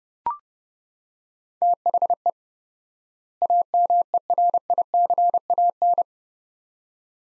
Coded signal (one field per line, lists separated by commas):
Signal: Morse code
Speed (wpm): 30 wpm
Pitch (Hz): 700 Hz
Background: none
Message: THE AMERICAN